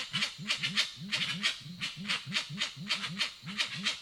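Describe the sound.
Grey-winged trumpeter giving a fast, uneven run of low, rounded hoots with scattered crisp clicks.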